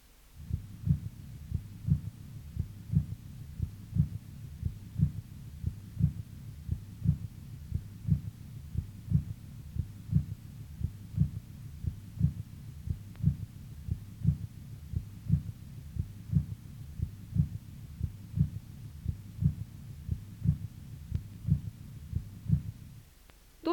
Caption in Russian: Третий тон сердца возникает ближе к середине диастолы, в фазу быстрого наполнения, когда основная масса крови поступает из предсердий в желудочке. Аускультативно он выявляется на верхушке сердца и характеризуется низкочастотным тембром и малой громкостью, благодаря чему третий тон иногда называют эхом второго тона. Запись, сделанную у больного с сердечной недостаточностью.